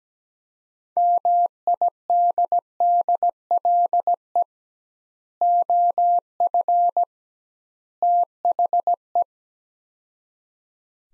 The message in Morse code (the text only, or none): MIDDLE OF THE